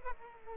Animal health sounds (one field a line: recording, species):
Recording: mosquito wingbeat signal from an infrared sensor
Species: Culex pipiens